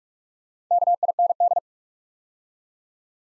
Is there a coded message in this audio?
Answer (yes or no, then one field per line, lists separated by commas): yes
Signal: Morse code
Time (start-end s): 0.7-1.6 s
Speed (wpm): 44 wpm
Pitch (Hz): 700 Hz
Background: none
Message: KIND